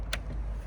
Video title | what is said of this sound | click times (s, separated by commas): Zontes U / U1 125 handover video | it locks it. | 0.1 s